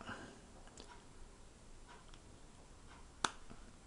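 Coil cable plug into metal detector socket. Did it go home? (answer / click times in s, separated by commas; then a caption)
yes / 3.2 s. After the cable end is rewired, a metal detector's coil cable plug is pushed into its socket, and the connector clips in with a sharp click at 3.2 seconds. Before that, only faint handling noises are heard. The plug, though always a bit hard to get in, is seated.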